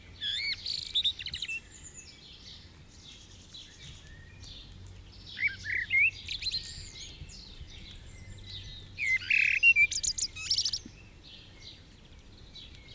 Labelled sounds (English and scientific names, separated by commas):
Common Blackbird (Turdus merula) song